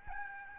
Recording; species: mosquito wingbeat signal from an infrared sensor; Aedes albopictus